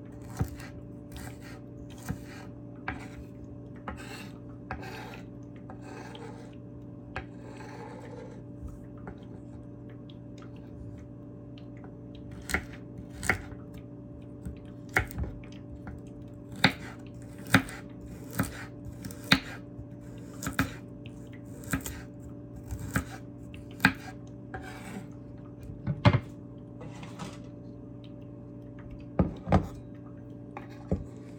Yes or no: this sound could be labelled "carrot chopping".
yes